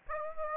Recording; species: mosquito wingbeat signal from an infrared sensor; Aedes aegypti